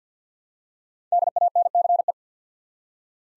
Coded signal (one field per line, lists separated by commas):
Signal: Morse code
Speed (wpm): 50 wpm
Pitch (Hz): 700 Hz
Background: none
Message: DANCE